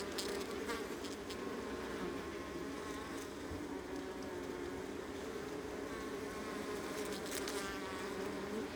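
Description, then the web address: Honey bee colony humming in a thick continuous drone, overlapping buzzes of many bees, with a few short clicks scattered through. Honey bee colony recorded close up on the Adriatic coast, northern Mediterranean. "Ivo Vicic - Northern Mediterranean soundscapes - Adriatic sea. Honey bee colony close"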